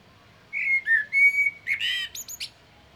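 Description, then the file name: Common blackbird song phrase: clear mellow whistles, a sustained flute-like note, then a buzzy squeaky twitter at the end. "Turdus merula"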